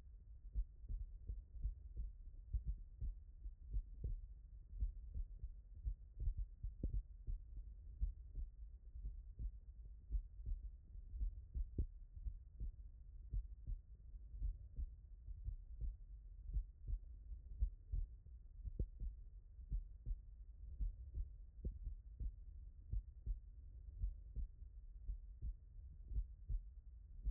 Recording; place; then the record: heart sounds by stethoscope; tricuspid valve (TV)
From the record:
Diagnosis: non-HFrEF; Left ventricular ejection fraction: 63%